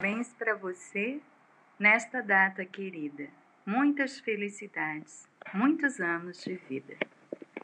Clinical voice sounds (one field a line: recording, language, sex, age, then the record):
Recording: short text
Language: Brazilian Portuguese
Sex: female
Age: 50 to 59 years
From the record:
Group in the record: control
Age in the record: 57 years